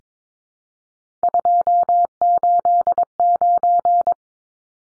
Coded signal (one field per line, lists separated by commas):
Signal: Morse code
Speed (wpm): 22 wpm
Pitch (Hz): 700 Hz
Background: none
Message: 289